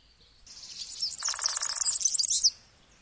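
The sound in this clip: Bird call: a burst of high, dense twittering chatter lasting about two seconds, with a lower, nasal buzzing note running through the middle of it.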